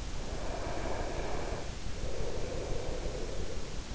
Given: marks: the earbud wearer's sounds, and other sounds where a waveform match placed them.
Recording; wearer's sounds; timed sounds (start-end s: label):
sounds in sleep by an in-ear microphone; breath
0.31-3.64 s: breath